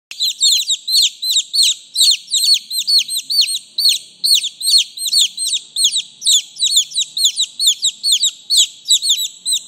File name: Tieng ga con keu